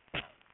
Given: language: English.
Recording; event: throat vibration sensor signal played as sound; cough